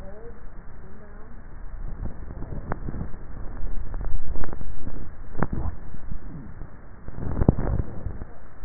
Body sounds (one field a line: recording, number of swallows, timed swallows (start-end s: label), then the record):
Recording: swallowing sounds by neck microphone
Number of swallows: 1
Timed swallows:
4.82-5.88 s: swallow
From the record:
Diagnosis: dysphagia